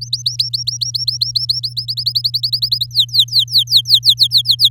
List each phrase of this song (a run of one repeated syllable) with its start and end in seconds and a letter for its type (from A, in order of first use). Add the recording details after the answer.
0.01-1.74 A, 1.76-2.86 B, 2.91-4.69 C. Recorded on 8 May 2018 at 05:51. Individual llb16